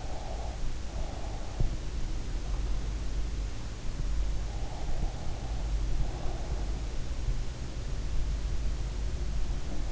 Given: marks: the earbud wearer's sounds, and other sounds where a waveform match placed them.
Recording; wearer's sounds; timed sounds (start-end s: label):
sounds in sleep by an in-ear microphone; breath
0.00-1.40 s: breath